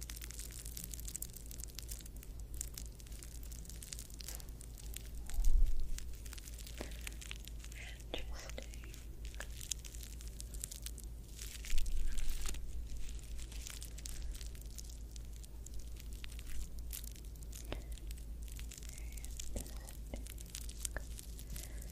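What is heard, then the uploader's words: Soft scratching and rubbing of a scalp massage, with crackly, crinkly strokes coming in quick irregular bursts against a steady low hum. Slightly louder scuffs stand out near 5 and 12 seconds. ASMR Scalp Massage of Your Dreams.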